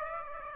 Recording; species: mosquito wingbeat signal from an infrared sensor; Aedes aegypti